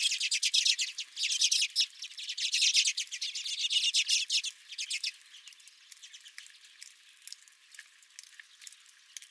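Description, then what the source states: Redpolls with fast dense chatter for the first five seconds, then only scattered soft call notes as the calling dies away. Several redpolls at the recordist's feeder.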